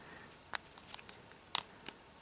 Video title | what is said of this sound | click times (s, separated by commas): OtterBox Defender Case for iPhone 5/5s: Review | and push it around the edges so it snaps into place. | 0.6 s, 1.6 s